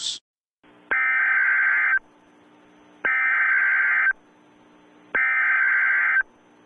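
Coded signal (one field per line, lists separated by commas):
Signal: Emergency Alert System (SAME) tones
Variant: header bursts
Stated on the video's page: Fictional EAS scenario in which an EAS test is interrupted by something unprecedented.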